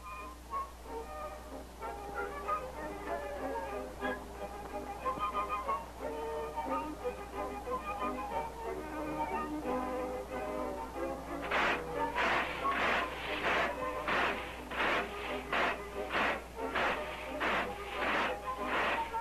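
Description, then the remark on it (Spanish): Mickey Mouse's cheerful cartoon-style whistled tune, from the character first released on 18 November 1928, plays over bouncy music, the melody hopping between bright notes before giving way to a run of sharp, rhythmic percussive snaps. “Este silbidito que estamos escuchando es de Mickey Mouse.”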